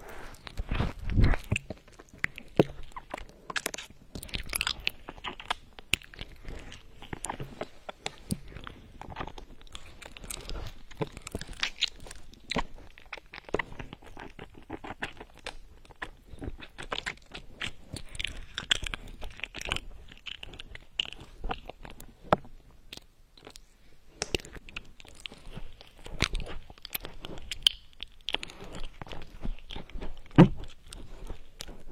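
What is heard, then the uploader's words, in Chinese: Popping candy crackles in a mouth, a dense, irregular stream of tiny sharp pops and crunches running the whole time. Louder clusters stand out near the start and around twenty-four and thirty seconds, with faint chewing sounds. 跳跳糖在口腔要爆咯。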